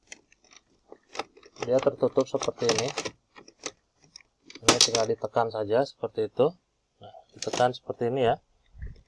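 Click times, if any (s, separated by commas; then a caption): none. A plastic film/negative adapter cover on an HP Scanjet 8300 flatbed scanner is handled and pressed down while someone talks, with small clicks and taps scattered throughout. The cover has not latched yet; nothing has seated or clicked home.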